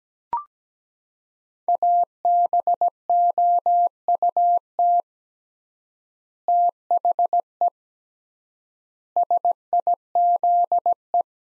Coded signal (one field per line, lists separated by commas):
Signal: Morse code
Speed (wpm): 17 wpm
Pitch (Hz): 700 Hz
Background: none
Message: ABOUT THE SIZE